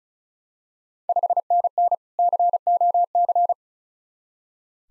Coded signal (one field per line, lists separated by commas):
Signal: Morse code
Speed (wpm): 36 wpm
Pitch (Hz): 700 Hz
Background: none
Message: 5NN COC